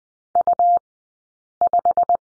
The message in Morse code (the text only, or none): U5